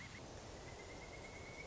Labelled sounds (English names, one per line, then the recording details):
Pileated Woodpecker
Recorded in Sonoma County, California